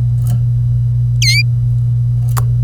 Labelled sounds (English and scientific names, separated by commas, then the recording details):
Domestic Canary (Serinus canaria) song
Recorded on 25 April 2018 at 09:27
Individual llb3